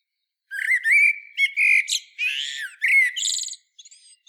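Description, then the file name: Common blackbird song: a mellow whistled phrase followed by squeaky, chattering high twitters, lasting about three seconds. "Turdus merula"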